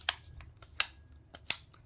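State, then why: Seated. The 90-degree fire selector lever in the lower receiver of a 2025 GHK HK 416A5 airsoft gas blowback rifle is rotated through its positions. Sharp, positive clicks at 0.1, 0.8 and 1.5 s show it locking into each detent, with fainter ticks between them. The selector seats firmly in each position without any loose or mushy feel, so it won't be bumped out of the chosen mode by accident.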